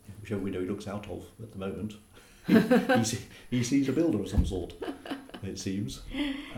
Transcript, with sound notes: whichever window he looks out of at the moment, he sees a builder of some sort, [laughter] it seems. Yes,